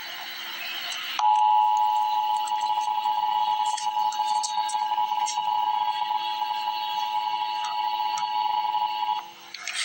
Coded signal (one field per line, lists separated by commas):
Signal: Emergency Alert System (SAME) tones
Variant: 853 and 960 Hz attention tone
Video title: Emergency Alert System - Special Weather Statement - Mar 17, 2026 at 1:56 PM EDT